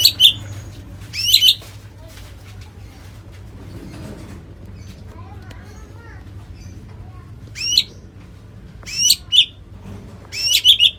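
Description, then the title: White-rumped shama calls: brief sharp high notes at the start and end, separated by a long quiet stretch with faint background noise. "murai batu"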